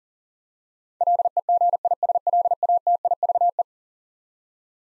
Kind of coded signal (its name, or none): Morse code